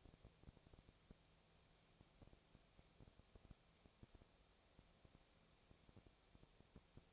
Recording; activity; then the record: daily activity, microphone in the room; no activity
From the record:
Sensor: 1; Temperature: 19.8 degrees Celsius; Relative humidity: 37.9%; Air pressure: 998.8 hPa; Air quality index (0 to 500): 233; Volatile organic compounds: 133 ppm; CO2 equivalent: 3942 ppm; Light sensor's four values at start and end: 1/2/1/1 and 1/2/1/1